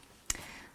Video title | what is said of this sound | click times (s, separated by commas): Wheelchair Safety INTRO | you really have to push down to set that lock you can hear that second best snap and then that sets the wheelchair | 0.3 s